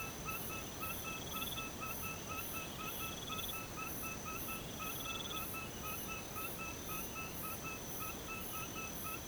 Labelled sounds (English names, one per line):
none